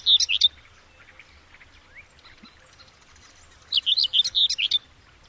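Bird call made of high, rapid chirps, one short burst at the start and another longer burst near the end, with quiet background noise between.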